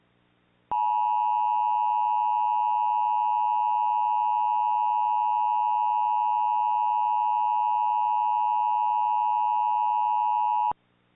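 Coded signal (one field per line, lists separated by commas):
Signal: Emergency Alert System (SAME) tones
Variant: 853 and 960 Hz attention tone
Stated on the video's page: Fictional mock alert.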